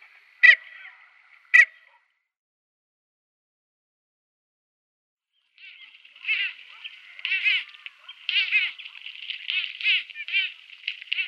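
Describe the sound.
Red-knobbed coot calls: two sharp, loud notes, a few seconds of silence, then a busy run of chattering notes.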